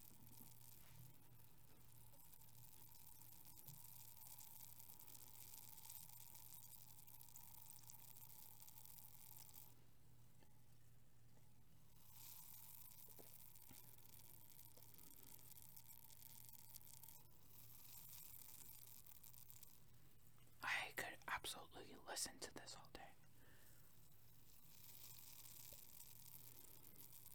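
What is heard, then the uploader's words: Soda fizzes with a steady, soft hiss of tiny popping bubbles and a constant low hum underneath. The hiss drops out briefly around 10 and 17 seconds. Near 21 seconds a short burst of sharper crackling and pouring-like rustle rises, then fades by 23 seconds. ASMR Liquid Shaking Heaven. Carbonated soda sounds.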